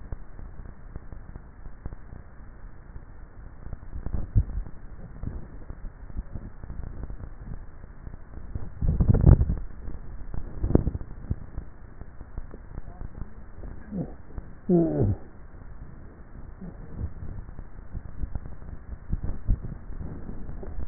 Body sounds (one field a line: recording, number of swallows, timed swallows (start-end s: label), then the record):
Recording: swallowing sounds by neck microphone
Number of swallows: 3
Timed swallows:
4.28-4.95 s: swallow
8.68-9.45 s: swallow
19.38-19.95 s: swallow
From the record:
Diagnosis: dysphagia